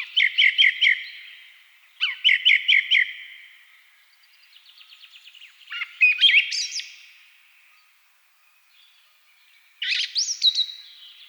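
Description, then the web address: Thrush song: two phrases of a note repeated four or five times, a soft rapid trill, then complex ringing whistled phrases. Several thrushes singing at twilight; track from a Hungarian nature-sounds collection (Agykontroll CD 3). "agykontroll CD 3-A természet hangjai - Rigók szürkületkor"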